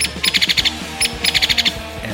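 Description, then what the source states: Hairy Woodpecker calls: a sharp single note followed by a rapid rattling run of several notes, the pattern given twice. Call presented for comparison with the Downy Woodpecker; the source describes it as loud and hairy, like a heavy metal band.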